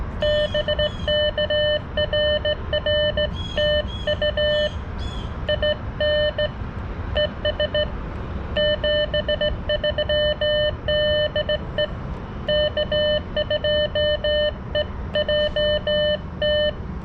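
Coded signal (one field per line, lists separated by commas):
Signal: Morse code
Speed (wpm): 17 wpm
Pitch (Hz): 590 Hz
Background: none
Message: BK RR TU IN ES 73 DE K2EJT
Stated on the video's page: CW Parks On The Air activation sent on a Palm Radio Portable straight key with a Xiegu X6200 at about 6 W; poor band conditions.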